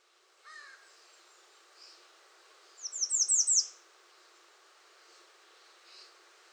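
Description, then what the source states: American redstart song, a single rapid phrase of about six sharp, high downslurred notes, with a brief lower chirp before it. 21 June 2019.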